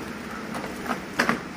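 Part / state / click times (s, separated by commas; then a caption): paper tray cover into laser printer / seated / 1.2 s. The paper tray or its plastic cover is closed onto an HP Neverstop 1200a laser printer. A soft rustle is followed by a sharp click at 1.2 s and a smaller click just after. The tray ends up fully and safely locked closed.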